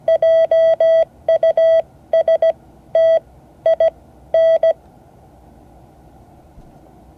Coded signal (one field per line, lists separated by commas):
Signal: Morse code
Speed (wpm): 17 wpm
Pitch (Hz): 650 Hz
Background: none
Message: JUSTIN